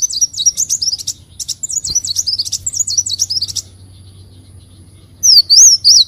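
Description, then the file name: Leafbird song: high twittering phrases repeated three times, a pause, then three loud looping whistles. "Tieng chim xanh tim"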